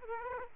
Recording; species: mosquito wingbeat signal from an infrared sensor; Aedes aegypti